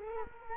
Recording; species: mosquito wingbeat signal from an infrared sensor; Culex quinquefasciatus